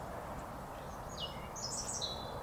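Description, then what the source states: European robin singing a short phrase of thin, high whistled notes, some sliding downward, over a steady low rumble of background noise. Wild robin singing in spring in the New Forest, UK; song phrases likened to answers to unheard questions, as a memory aid for identifying it.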